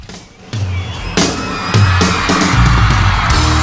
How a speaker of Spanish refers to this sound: Esas chicas que están gritando